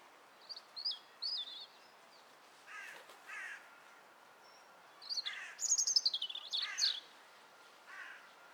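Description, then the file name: European robin song: short high thin warbled phrases with pauses, separated by lower buzzy bursts and a sweeping, trilled high phrase near the end. "Erithacus rubecula"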